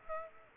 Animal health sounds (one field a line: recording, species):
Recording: mosquito wingbeat signal from an infrared sensor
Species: Aedes aegypti